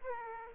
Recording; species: mosquito wingbeat signal from an infrared sensor; Aedes aegypti